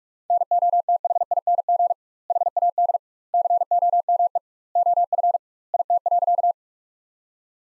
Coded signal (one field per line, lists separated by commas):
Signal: Morse code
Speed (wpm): 46 wpm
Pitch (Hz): 700 Hz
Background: none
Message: NOTHING HAD COME OF IT.